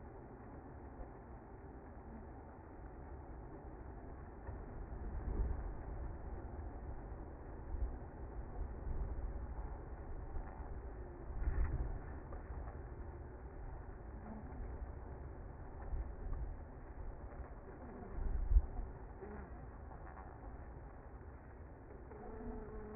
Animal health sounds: honeybee colony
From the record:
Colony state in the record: active

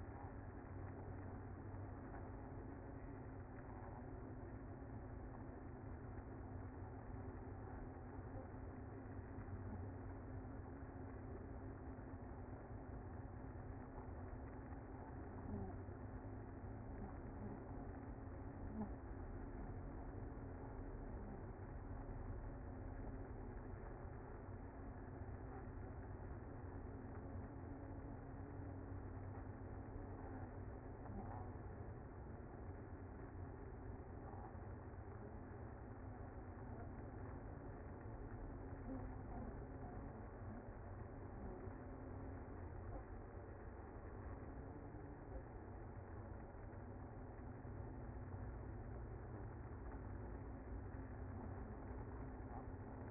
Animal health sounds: honeybee colony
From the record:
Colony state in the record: active

